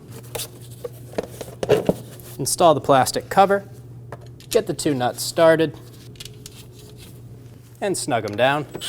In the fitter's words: Install the connector. Push until you hear a click. If you don't, give it a pull. Make sure it's locked on.